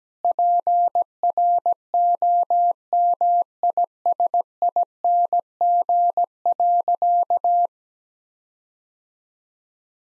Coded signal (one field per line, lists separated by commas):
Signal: Morse code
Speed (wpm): 17 wpm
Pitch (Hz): 700 Hz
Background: none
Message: PROMISING.